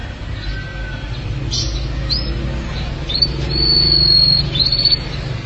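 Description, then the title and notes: Canary song: thin high whistles and short rising slurs, then a sustained whistled note followed by a few short notes, over a steady low hum. "BM Suara Burung Kenari"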